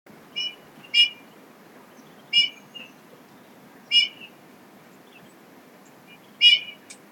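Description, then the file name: Eurasian bullfinch calls: short whistled notes repeated several times at irregular gaps, over a faint steady background hiss. "Pyrrhula pyrrhula"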